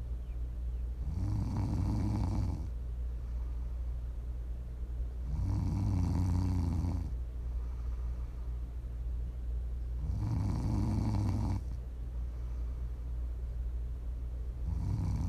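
Four low, rumbling snores from a sleeping adult come at a steady pace of about one every 4.5 seconds, roughly 13 a minute, with quieter exhalations between them. Ordinary rhythmic ASMR snoring during sleep.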